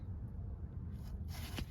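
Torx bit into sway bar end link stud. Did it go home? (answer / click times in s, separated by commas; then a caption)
yes / 1.6 s. A metal T30 Torx bit is pushed into the socket in the threaded end of a rear sway bar end link stud on an AWD BMW F30, so the stud can be held while the end link is replaced. Over a steady low rumble, brief faint scraping comes at about 1.0 s and 1.3 s, then a short sharp click at 1.6 s. The bit seats and locks in place in the stud so it doesn't move.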